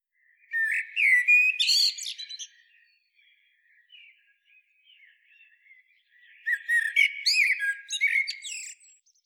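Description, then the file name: Common blackbird with two song phrases about six seconds apart, each a mellow warble rising into bright chattering squeaks, faint song in the gap. "Turdus merula"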